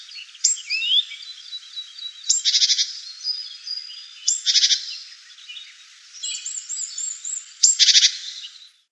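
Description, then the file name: Marsh tit calls: sharp high 'pit' notes, each followed by a harsh, buzzy rapid series, given about three times with a few thin whistled notes between. "Gaichka chernogolovaja"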